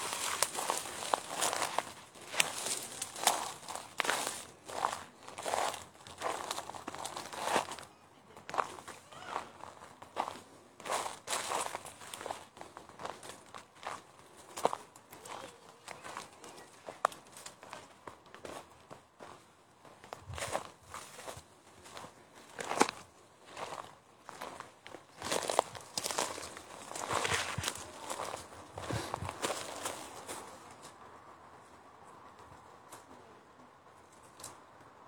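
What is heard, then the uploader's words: Footsteps crunch through a forest at an irregular walking pace, each step a crisp crackling burst over leaves and twigs. The steps run fairly densely for about thirty seconds, with a few sharper snaps around the twentieth second, then thin out to a quiet hush near the end. Walking in the Govind wildlife sanctuary located at Uttarakhand in India. Located in the Uttarkashi district of Uttarakhand, India. Footage of my walk through the forest.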